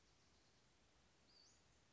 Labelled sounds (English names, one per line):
Western Flycatcher